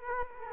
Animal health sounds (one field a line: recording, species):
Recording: mosquito wingbeat signal from an infrared sensor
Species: Culex quinquefasciatus